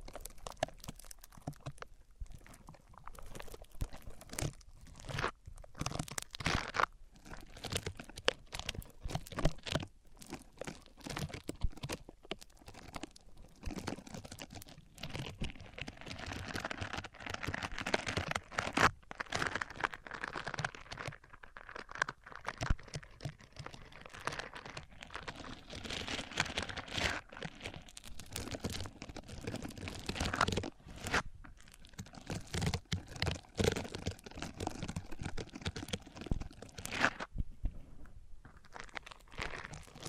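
Microphones rubbed across different surfaces make dense, continuous crunching and crinkling scrapes, with frequent sharp bursts and a brief lull near the end.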